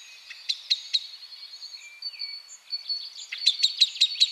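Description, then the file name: Common blackbird clipped chink calls, a few near the start and a quicker run of several near the end, over a steady high background sound. "Turdus merula"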